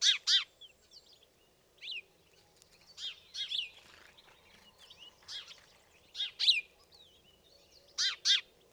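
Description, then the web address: House sparrow chirps, a quick double chirp at the start, then scattered chirps and soft chattering. "fugl g-spurv"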